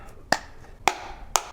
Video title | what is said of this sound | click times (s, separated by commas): 3 Laundry Gadgets to Level-Up Your Laundry Game? | All you do is just snap this into place here. | 0.3 s, 0.9 s, 1.4 s